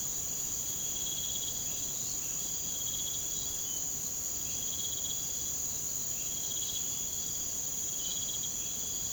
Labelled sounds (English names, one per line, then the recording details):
none
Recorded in pastures near Puerto Asís, Putumayo, Colombia, on 22 June 2025 at 01:30
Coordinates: 0.472, -76.331
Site G095